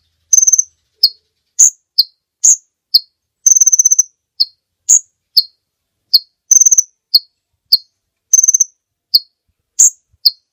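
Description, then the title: Bird singing high, piercing chirps mixed with brief fast trills, the notes coming in quick succession with no other sounds. Master recording used for training songbirds. "Master Burung Jos"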